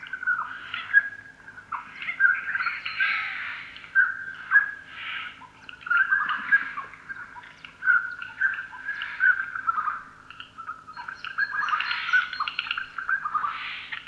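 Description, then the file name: Eurasian jay uttering repeated raspy screeches in irregular bursts separated by short gaps. "Garrulus glandarius"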